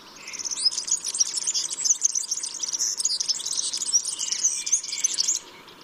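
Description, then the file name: European serin singing a continuous, very high, glittering jumble of rapid buzzy notes that stops abruptly near the end. "Verzellino"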